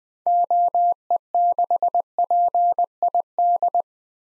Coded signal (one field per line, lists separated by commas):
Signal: Morse code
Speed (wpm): 20 wpm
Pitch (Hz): 700 Hz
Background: none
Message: OE6PID